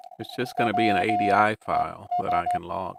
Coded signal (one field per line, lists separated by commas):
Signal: Morse code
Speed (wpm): 14 wpm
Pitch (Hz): 710 Hz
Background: speech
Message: WES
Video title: SKCC Sprint 4-12-2026